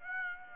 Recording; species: mosquito wingbeat signal from an infrared sensor; Aedes aegypti